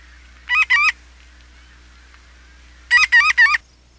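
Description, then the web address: Marbled godwit nasal, honking calls: a quick double note, a pause of about two seconds, then three rapid notes in a row. "101 Bird Songs. Marbled Godwit"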